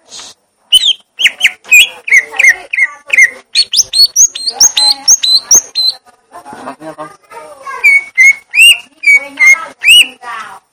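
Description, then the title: Greater green leafbird song: loud whistled notes near the same pitch repeated rapidly, mixed with sharp clicks and buzzy chatter, then a second run of steady whistles near the end. Song type called "gledek", meaning thunder. "Cucak Ijo Suara Gledek"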